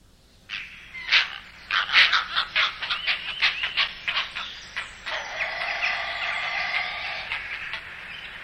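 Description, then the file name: Heron calls: a rapid series of harsh, clattering chattering notes, followed by a drawn-out nasal whine that holds for several seconds. "De Reiger"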